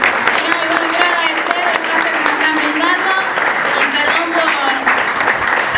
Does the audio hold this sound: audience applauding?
yes